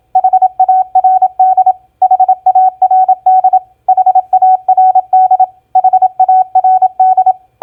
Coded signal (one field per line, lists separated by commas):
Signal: Morse code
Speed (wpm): 27 wpm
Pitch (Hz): 750 Hz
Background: none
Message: HARD HARD HARD HARD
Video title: Morse Code Practice Word Recognition SOFT-FIRM-HARD 27wpm